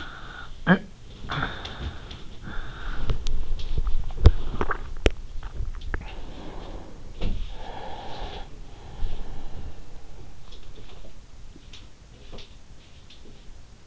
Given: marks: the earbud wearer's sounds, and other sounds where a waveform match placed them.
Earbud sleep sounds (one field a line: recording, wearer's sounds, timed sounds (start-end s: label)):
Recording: sounds in sleep by an in-ear microphone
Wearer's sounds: breath, talking in sleep, teeth grinding, swallowing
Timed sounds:
0.00-0.46 s: breath
0.46-1.19 s: talking in sleep
1.19-4.13 s: breath
3.32-5.45 s: teeth grinding
4.19-6.05 s: swallowing
6.05-9.74 s: breath
10.17-13.87 s: sound from someone else or the room